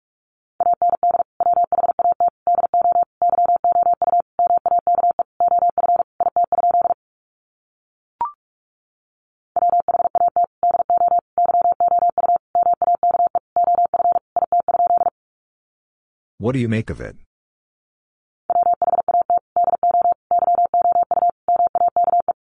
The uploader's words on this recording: Sentences from Top 100 Words 45wpm. First, the words are sent in Morse code.